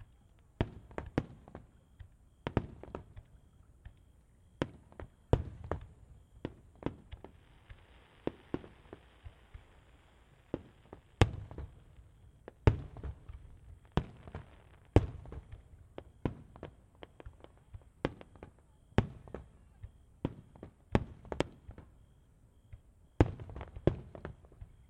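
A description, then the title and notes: Fireworks go off in a steady stream of sharp, cracking bangs, several every second, some loud, others softer. Low booms roll beneath the cracks, and a faint hiss fills the gaps, with occasional voices in the background. Yasugawa Fireworks. Fireworks at Ritto City and Yasu City, Shiga Prefecture, Japan. Recorded with an Autio-Technica BP2045 microphone and Tascam DR-70 recorder (mic gain low, input level knobs about 11:30).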